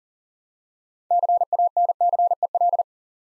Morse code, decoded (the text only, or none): CANCEL